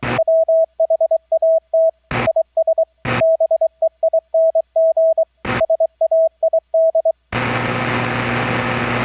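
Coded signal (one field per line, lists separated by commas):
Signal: Morse code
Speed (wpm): 23 wpm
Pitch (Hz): 650 Hz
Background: radio noise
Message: WHAT IS BEING SAID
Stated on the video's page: Morse audio taken from the rig's transmit audio input monitor circuit, streamed over IP with Gstreamer/ALSA between Raspberry Pi and remote laptop; VOX-triggered transmit.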